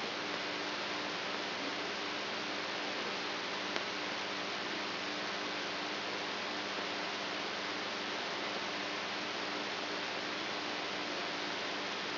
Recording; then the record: brain microelectrode recording played as sound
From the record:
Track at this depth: inside the subthalamic nucleus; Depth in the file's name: 5.312 mm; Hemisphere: right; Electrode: 3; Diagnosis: Parkinson's disease